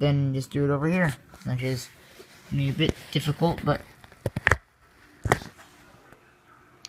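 Someone talks while working the plastic lens latch on the second side of a Dye i4 paintball mask frame, struggling a bit before it locks. A few light taps lead into sharp plastic clicks at 4.5 s and 4.5 s as the latch clicks in and seats, followed by another click near 5.3 s.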